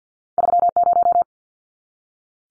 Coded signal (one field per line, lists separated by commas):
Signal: Morse code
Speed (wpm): 50 wpm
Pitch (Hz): 700 Hz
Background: none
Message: 30